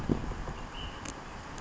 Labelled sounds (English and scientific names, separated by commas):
Ash-throated Flycatcher (Myiarchus cinerascens)